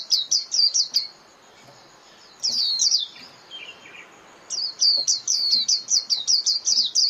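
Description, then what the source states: White-eye chirping: fast series of sharp, high, falling notes, broken by a slower stretch with a few single notes and softer lower twitters before the rapid chirps resume. Lure call (mồi) used for trapping white-eyes.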